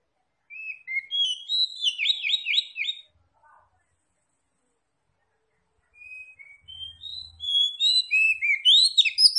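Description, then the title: Oriental magpie-robin song: whistled notes leading into rapid chattering phrases, a pause, then soft whistles building back into dense chatter. Kacer Tretes, described as gacor (singing vigorously). "Kacer Tretes Gacor"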